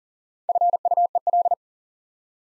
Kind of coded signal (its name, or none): Morse code